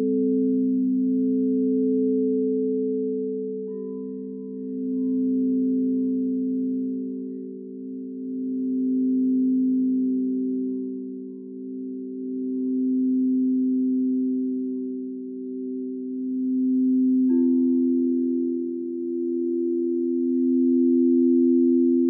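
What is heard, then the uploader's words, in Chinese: A singing bowl hums continuously, apparently rubbed rather than struck, holding a low, steady drone with a second tone just above it. The volume swells and fades in slow waves every few seconds. Faint higher ringing notes appear briefly near four and seventeen seconds. 让脑瓜子嗡嗡的颂钵音疗。颂钵（Singing Bowl）源自喜马拉雅山区，最初是由当地的七种金属及天然矿石手工凿击而成的乐器。通过敲击或摩擦的方式传递声音振动。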